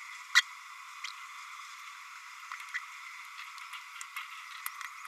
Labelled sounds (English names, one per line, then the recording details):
Green-rumped Parrotlet babbling
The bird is a female
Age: 29 days
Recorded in a nest box in Venezuela
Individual 17B32A7